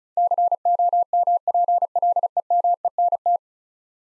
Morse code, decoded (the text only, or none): COMPLEMENT